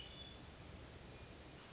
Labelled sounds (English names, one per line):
Hermit Thrush